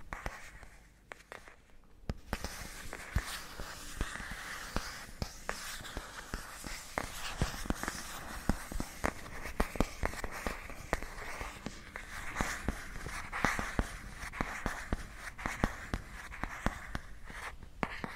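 Scratchy tapping and tracing on matte plastic, with dense, irregular clicks and taps running almost the whole time after a quieter first two seconds. Beneath the sharp taps sits a steady, bright scraping hiss, and the tapping grows busier toward the end.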